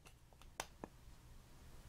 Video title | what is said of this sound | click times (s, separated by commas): Hero 89 Metal Fountain Pen Review | doesn't click into place as securely as it did originally it seems to be a little bit loose | 0.6 s